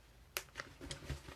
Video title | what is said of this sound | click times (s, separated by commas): Medium Utility Tote for Medium Size Jobs | Let me get it snapped here. And there you go. | 0.4 s